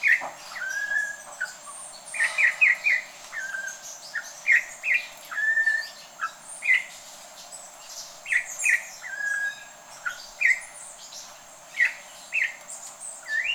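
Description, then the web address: Campo troupial calls: clear whistled notes, some slurred and falling, others short and repeated, scattered throughout, with fainter high chips behind. "sound Campo-Troupial. صدای-پرنده-پری-نارنجی-کامپو"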